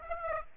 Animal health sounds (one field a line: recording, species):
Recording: mosquito wingbeat signal from an infrared sensor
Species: Aedes aegypti